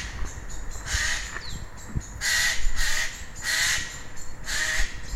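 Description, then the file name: Eurasian jay giving harsh, rasping screeches, several noisy bursts, with a low background rumble throughout. "Garrulus glandarius"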